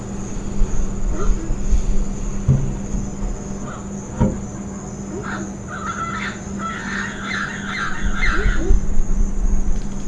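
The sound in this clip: Bird calls, harsh chattering notes in rapid bursts, mostly in the second half, over a steady low hum and intermittent low rumbling.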